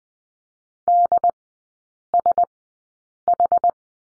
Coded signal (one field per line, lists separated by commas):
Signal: Morse code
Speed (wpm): 19 wpm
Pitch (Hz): 700 Hz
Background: none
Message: DSH